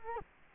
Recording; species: mosquito wingbeat signal from an infrared sensor; Culex quinquefasciatus